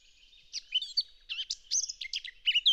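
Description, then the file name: Eurasian blackcap song: varied warbling with sweeping, twisting whistled notes in quick bursts, growing louder toward the end. "Sylvia atricapilla"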